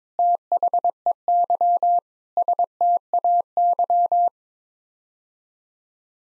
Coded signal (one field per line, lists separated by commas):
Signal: Morse code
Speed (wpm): 22 wpm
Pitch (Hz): 700 Hz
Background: none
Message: THEY STAY